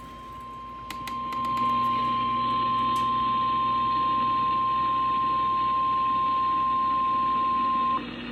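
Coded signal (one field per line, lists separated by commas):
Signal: Emergency Alert System (SAME) tones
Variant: 1050 Hz attention tone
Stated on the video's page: Amber Alert EAS tones received on FM radio.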